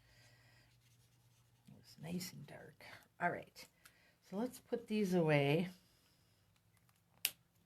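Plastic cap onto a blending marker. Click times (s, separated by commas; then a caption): 7.2 s. Someone talks while putting away alcohol blending markers after colouring. A plastic cap is pushed back onto one of the markers, and a short, sharp snap at 7.3 s marks the cap seating.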